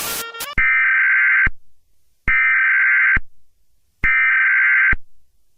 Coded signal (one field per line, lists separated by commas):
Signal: Emergency Alert System (SAME) tones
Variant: header bursts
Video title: EAS Scenario: EF6 Tornado